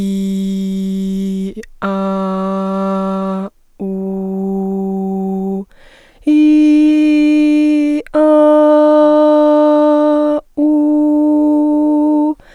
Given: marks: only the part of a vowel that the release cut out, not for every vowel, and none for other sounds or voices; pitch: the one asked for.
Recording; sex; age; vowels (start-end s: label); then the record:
sustained vowels; female; 20 to 29 years
0.00-1.19 s: vowel /i/, normal pitch
2.03-3.27 s: vowel /a/, normal pitch
3.86-5.54 s: vowel /u/, normal pitch
6.40-7.71 s: vowel /i/, high pitch
8.35-10.04 s: vowel /a/, high pitch
10.78-12.21 s: vowel /u/, high pitch
From the record:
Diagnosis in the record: dysodia (singing voice disorder); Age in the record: 23 years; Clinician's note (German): Leichte beginnende hyperfunktionelle Dysphonie mit sehr enger Artikulation